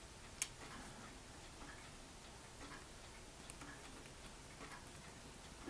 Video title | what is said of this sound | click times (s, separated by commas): The Model Ship - Part 955 | yeah that locks into place real nice | 0.4 s